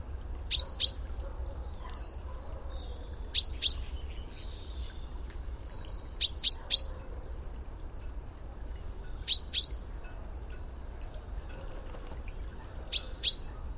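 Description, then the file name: Common chaffinch calling with bright, clipped high notes, mostly in pairs, repeated every three seconds or so against faint low rumble. "Fringilla coelebs"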